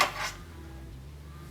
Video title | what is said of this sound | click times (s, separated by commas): Bye Ugly Cables! - Hello CableMod! | that one you felt it not chin but it did not exactly click | none